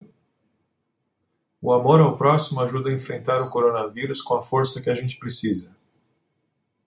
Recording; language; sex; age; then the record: spoken sentence; Brazilian Portuguese; male; 50 to 59 years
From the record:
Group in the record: control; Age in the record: 53 years